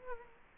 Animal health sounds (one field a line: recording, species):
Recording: mosquito wingbeat signal from an infrared sensor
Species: Culex quinquefasciatus